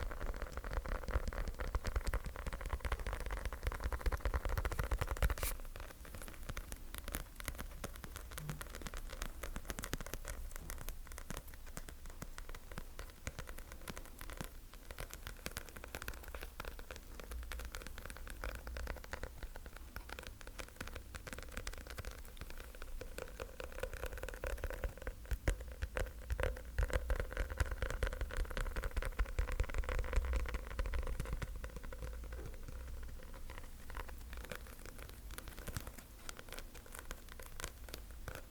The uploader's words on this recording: ASMR Sticky Tapping.